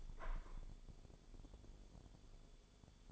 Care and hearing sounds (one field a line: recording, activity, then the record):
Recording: daily activity, microphone in the room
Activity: open window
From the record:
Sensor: 5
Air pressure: 1015.0 hPa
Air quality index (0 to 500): 107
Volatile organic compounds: 2 ppm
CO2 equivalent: 1146 ppm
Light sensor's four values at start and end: 35/81/33/31 and 35/81/33/31